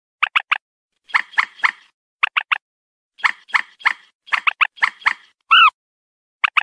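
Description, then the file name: Purple swamphen giving quick triplets of nasal clucks alternating with buzzier grouped notes, plus one short whining squeal near the end. "Tieng trich re keu"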